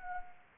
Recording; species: mosquito wingbeat signal from an infrared sensor; Anopheles arabiensis